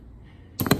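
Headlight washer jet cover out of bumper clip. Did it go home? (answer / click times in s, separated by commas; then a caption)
released / 0.6 s, 0.7 s. An old plastic headlight washer jet cover on a Porsche 911 is pried out of its clip in the bumper. After near silence, sharp pops sound at 0.6 s and 0.7 s, followed by brief rattling. The cover releases and comes right out.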